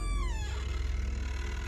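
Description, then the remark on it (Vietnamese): A door creaks open in one long, loud, drawn-out groan, its raspy pitch sliding downward at first and then grinding on steadily. No one speaks. “Có tiếng kéo kẹt mở cửa bật ra.”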